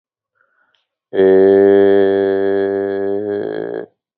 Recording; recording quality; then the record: sustained vowel as in made; excellent, no background noise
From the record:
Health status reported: COVID-19 positive, mild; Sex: male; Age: 23 years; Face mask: not worn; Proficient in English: yes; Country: India